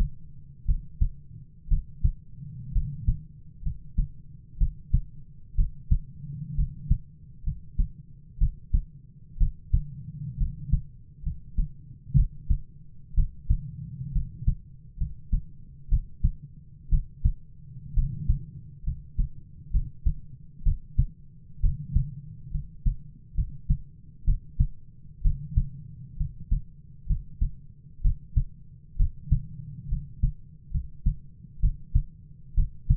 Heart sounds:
heart sounds by stethoscope; 64 bpm
0.65 s: heartbeat
1.67 s: heartbeat
2.71 s: heartbeat
3.62 s: heartbeat
4.57 s: heartbeat
5.54 s: heartbeat
6.54 s: heartbeat
7.43 s: heartbeat
8.37 s: heartbeat
9.37 s: heartbeat
10.37 s: heartbeat
11.22 s: heartbeat
12.14 s: heartbeat
13.14 s: heartbeat
14.11 s: heartbeat
14.97 s: heartbeat
15.88 s: heartbeat
16.89 s: heartbeat
17.93 s: heartbeat
18.83 s: heartbeat
19.70 s: heartbeat
20.62 s: heartbeat
21.60 s: heartbeat
22.50 s: heartbeat
23.34 s: heartbeat
24.24 s: heartbeat
25.21 s: heartbeat
26.16 s: heartbeat
27.06 s: heartbeat
28.01 s: heartbeat
28.96 s: heartbeat
29.88 s: heartbeat
30.70 s: heartbeat
31.59 s: heartbeat
32.54 s: heartbeat
From the record:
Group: healthy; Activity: cold pressor test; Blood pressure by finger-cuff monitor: 102/55 mmHg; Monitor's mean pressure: 64 mmHg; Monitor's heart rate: 64 bpm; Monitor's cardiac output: 7.3 L/min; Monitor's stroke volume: 116 mL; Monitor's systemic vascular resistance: 610 dyn s/cm5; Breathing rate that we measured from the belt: 16 breaths a minute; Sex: male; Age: 22 years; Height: 185 cm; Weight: 112.4 kg

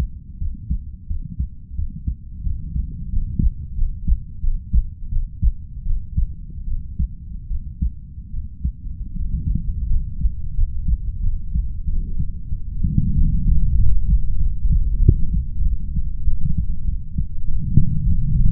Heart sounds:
heart sounds by stethoscope; 88 bpm
0.38 s: heartbeat
1.07 s: heartbeat
1.75 s: heartbeat
2.43 s: heartbeat
3.09 s: heartbeat
3.74 s: heartbeat
4.40 s: heartbeat
5.09 s: heartbeat
5.83 s: heartbeat
6.64 s: heartbeat
7.47 s: heartbeat
8.30 s: heartbeat
9.13 s: heartbeat
9.87 s: heartbeat
10.54 s: heartbeat
11.20 s: heartbeat
11.85 s: heartbeat
12.49 s: heartbeat
13.14 s: heartbeat
13.76 s: heartbeat
14.38 s: heartbeat
15.00 s: heartbeat
15.62 s: heartbeat
16.25 s: heartbeat
16.85 s: heartbeat
17.45 s: heartbeat
18.03 s: heartbeat
From the record:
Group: healthy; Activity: cold pressor test 0-11 s, rest 11-19 s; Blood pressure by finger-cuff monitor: 115/65 mmHg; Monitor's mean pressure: 81 mmHg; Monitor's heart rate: 88 bpm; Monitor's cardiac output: 6.4 L/min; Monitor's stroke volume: 77 mL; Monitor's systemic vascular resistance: 920 dyn s/cm5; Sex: female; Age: 32 years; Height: 168 cm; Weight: 61.9 kg

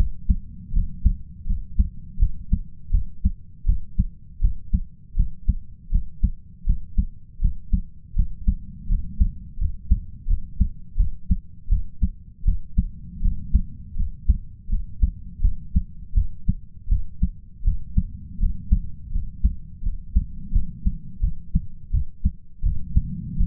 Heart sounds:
heart sounds by stethoscope; 82 bpm
0.72 s: heartbeat
1.46 s: heartbeat
2.18 s: heartbeat
2.91 s: heartbeat
3.65 s: heartbeat
4.40 s: heartbeat
5.16 s: heartbeat
5.91 s: heartbeat
6.65 s: heartbeat
7.40 s: heartbeat
8.15 s: heartbeat
8.88 s: heartbeat
9.58 s: heartbeat
10.27 s: heartbeat
10.97 s: heartbeat
11.69 s: heartbeat
12.44 s: heartbeat
13.21 s: heartbeat
13.96 s: heartbeat
14.69 s: heartbeat
15.41 s: heartbeat
16.14 s: heartbeat
16.89 s: heartbeat
17.64 s: heartbeat
18.39 s: heartbeat
19.11 s: heartbeat
19.83 s: heartbeat
20.52 s: heartbeat
21.21 s: heartbeat
21.91 s: heartbeat
22.63 s: heartbeat
23.37 s: heartbeat
From the record:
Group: healthy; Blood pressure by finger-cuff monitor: 111/67 mmHg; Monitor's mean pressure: 81 mmHg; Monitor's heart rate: 81 bpm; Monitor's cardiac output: 7.5 L/min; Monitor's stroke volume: 94 mL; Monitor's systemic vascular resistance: 780 dyn s/cm5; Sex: male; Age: 33 years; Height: 179 cm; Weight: 80.4 kg

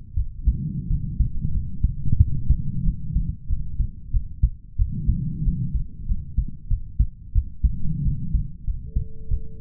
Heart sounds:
heart sounds by stethoscope; 92 bpm
0.14 s: heartbeat
0.87 s: heartbeat
1.51 s: heartbeat
2.17 s: heartbeat
2.83 s: heartbeat
3.47 s: heartbeat
4.11 s: heartbeat
4.76 s: heartbeat
5.43 s: heartbeat
6.06 s: heartbeat
6.68 s: heartbeat
7.32 s: heartbeat
8.02 s: heartbeat
8.64 s: heartbeat
9.28 s: heartbeat
From the record:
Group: healthy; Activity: rest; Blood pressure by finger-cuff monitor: 110/76 mmHg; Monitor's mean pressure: 85 mmHg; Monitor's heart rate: 94 bpm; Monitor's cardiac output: 6.7 L/min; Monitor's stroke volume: 72 mL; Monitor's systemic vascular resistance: 920 dyn s/cm5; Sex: male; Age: 20 years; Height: 187 cm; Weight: 68.9 kg

